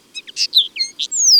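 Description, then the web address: Common linnet song fragment of twittering notes and short slurs ending in a long, high, gradually falling whistle. Recorded in May. "Mai La Linotte melodieuse. les-4-saisons-des-chants-doiseaux"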